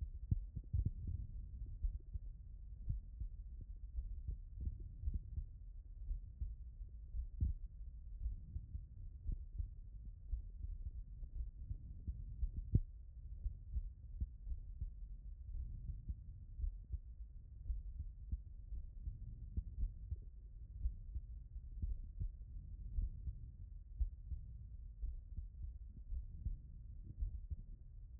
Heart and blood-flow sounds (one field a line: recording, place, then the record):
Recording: heart sounds by stethoscope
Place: tricuspid valve (TV)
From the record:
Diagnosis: non-HFrEF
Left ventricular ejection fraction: 65%